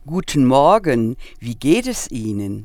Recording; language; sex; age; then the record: spoken sentence; German; female; 60 to 69 years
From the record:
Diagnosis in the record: healthy voice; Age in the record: 65 years